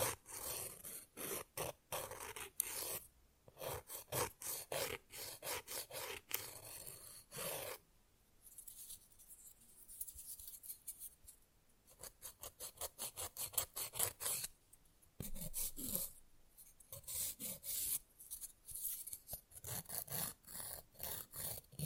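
Fast, rough nail filing scrapes in quick, regular back-and-forth strokes, bright and gritty, in dense bursts. Around eight seconds the filing drops to softer scattered taps and rubbing for several seconds, then brisk filing strokes return in clusters through the end.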